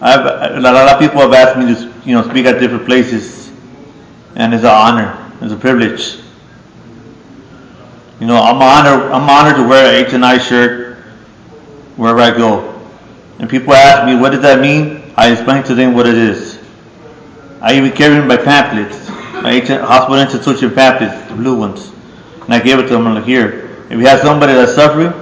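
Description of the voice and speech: An adult man born without ears, who has had 8 surgeries and has a hearing loss, speaks in a steady, fairly intelligible monologue with somewhat nasal vowels, a few drawn-out sounds and a repeated phrase ("I'm honored, I'm honored"). The speech fits hearing loss with occasional stuttering; his speech is sometimes good, sometimes he stutters.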